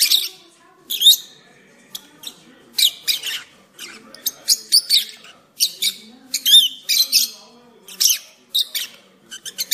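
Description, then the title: Oriental magpie-robin song of brief high chirps and slurred whistles in scattered bursts. "Kicau Kacer"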